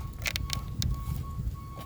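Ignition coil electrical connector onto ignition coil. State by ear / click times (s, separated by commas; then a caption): not seated / none. On a 2014 Ford F-150 3.5L turbo being diagnosed for a P0301 misfire, a plastic ignition coil electrical connector, with its red locking tab pulled out, is handled onto the ignition coil after it had been jamming. Brief sharp handling taps sound near 0.3, 0.4, 0.5 and 0.8 seconds over a low rumble and a faint steady high tone. Nothing has seated or clicked yet.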